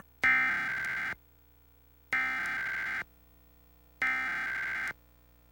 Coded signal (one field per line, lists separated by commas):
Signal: Emergency Alert System (SAME) tones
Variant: header bursts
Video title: WBOC Emergency Alert System - Required Monthly Test (March 30, 2022)